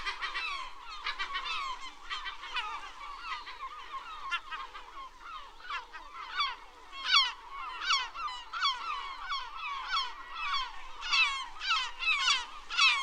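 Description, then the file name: Herring gull calls: harsh, stacked yelping notes in quick, irregular series, growing louder toward the end. "Digiffects Sound Effects Library - Herring Gull Bird Version 1"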